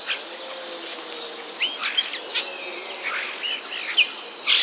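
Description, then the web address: Common starling song: after a quiet start, scattered chirps, short slurred whistles and a drawn whistled note, ending in a harsh burst. Starling song made of borrowings from passerine species. "wroblowe zapozyczenia szpaki"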